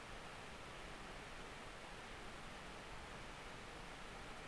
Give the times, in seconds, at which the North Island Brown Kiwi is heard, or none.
none